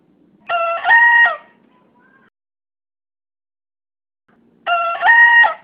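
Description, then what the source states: Bekisar (green junglefowl hybrid): crows twice, each a brief two-part harmonic call with a stronger second part, separated by about three seconds of near silence. Green junglefowl hybrid bekisar, described as a young contest-prospect bird (bakalan) of champion quality (juara).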